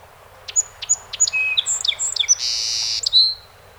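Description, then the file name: Song sparrow song: several crisp, evenly spaced introductory notes, a jumble of quick varied chips, a long harsh buzz, then a final slurred note. 48 songs, 7 June 2018. "2018-06-07 Song Sp 48 Songs"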